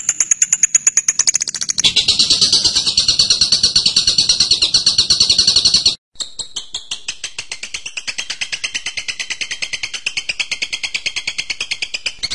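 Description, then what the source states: Bird song opening with high chips, moving into a dense, buzzy trill, then after a brief break a slower series of lower repeated notes. Birdsong training recording (masteran) of a bird's voice.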